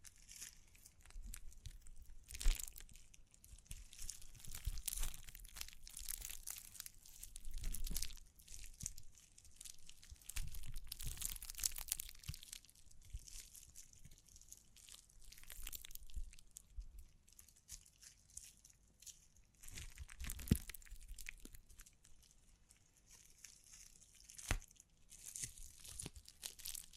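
Crinkling, scratching and brushing sounds with occasional taps, mostly bright and crisp with some low thumps. The rustling comes in uneven bursts throughout, with sharper hits near 2.5, 20.5 and 24.5 seconds and quieter gaps between.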